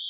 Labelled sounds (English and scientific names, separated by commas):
Wilson's Warbler (Cardellina pusilla) flight call